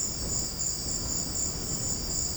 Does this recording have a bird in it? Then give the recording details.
no. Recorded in secondary vegetation near Puerto Asís, Putumayo, Colombia, on 19 March 2025 at 17:00. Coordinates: 0.484, -76.319. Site G010